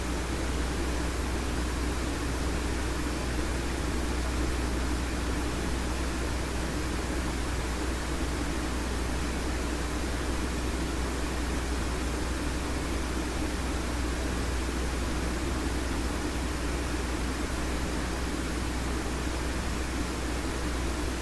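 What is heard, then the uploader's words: A box fan runs at a constant speed, giving off an even, dense rushing sound that never changes over the whole stretch. A low steady hum sits underneath the airy whoosh, with no breaks, clicks or other sounds. Box Fan Pink Noise Sound.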